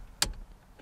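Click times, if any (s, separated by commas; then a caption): 0.2 s. A click-type torque wrench tightens a car's hand-tightened steering wheel retaining bolt (nut) to 33 ft-lbs. A sharp, bright click sounds at 0.2 s, followed by a much fainter tick near 0.8 s. The wrench clicks at its setting, so the bolt has reached its torque.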